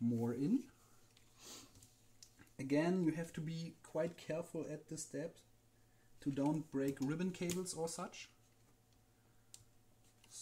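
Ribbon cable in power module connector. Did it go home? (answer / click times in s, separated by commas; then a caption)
no / none. A ribbon cable is pushed further into its connector on a power module of an EV200D while someone talks, with a few faint clicks and taps in the pauses. The cable is still not all the way in, and nothing has seated or clicked yet.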